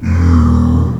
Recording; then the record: squeal of a Yucatan mini pig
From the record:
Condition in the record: after surgery on the right vocal fold (resection and tissue-engineered implant); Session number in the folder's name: 16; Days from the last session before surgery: 183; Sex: female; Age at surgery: 19 weeks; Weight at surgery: 25 kg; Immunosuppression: prednisolone